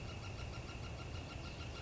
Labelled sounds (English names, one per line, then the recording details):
Northern Flicker
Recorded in Sonoma County, California